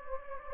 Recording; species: mosquito wingbeat signal from an infrared sensor; Anopheles gambiae